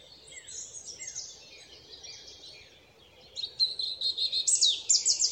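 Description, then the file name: European robin song: high, thin warbled phrases with quick descending notes, ending in louder sparkling trills and twittering over a steady low background hiss. "Erithacus rubecula"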